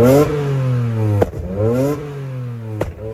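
A loud car engine revs hard twice, its pitch climbing and falling in sweeping arcs, with sharp clicks or pops as each rev peaks; no voices are heard.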